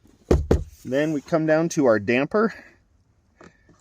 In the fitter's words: and then we push up this pops into place our clip here and our clip here